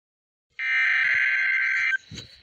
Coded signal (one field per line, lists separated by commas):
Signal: Emergency Alert System (SAME) tones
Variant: header bursts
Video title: RWT ON KHB31 EAS# UNKNOWN